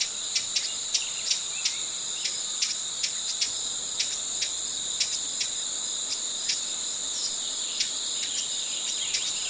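Broad-billed hummingbird chip calls, sharp dry ticks repeated over a steady high insect drone.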